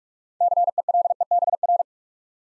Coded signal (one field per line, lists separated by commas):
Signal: Morse code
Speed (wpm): 44 wpm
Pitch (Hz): 700 Hz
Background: none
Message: CELEBR